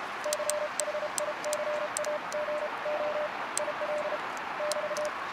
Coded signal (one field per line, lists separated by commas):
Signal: Morse code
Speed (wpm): 32 wpm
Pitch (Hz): 600 Hz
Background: none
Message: CHICAGO IL <BT>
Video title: QRP Packtenna & Elecraft KX2 | Long Wire in BIG CHICAGO